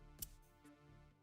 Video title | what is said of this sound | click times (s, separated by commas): Never a Dull Moment vertical with Crow's Blades at the Nest #knifeaccessoriesknifesharpener | Hear that. I mean, it doesn't ting, but it snaps | 0.2 s